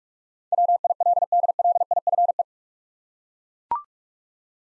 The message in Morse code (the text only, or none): WILDLIFE